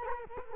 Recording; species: mosquito wingbeat signal from an infrared sensor; Culex quinquefasciatus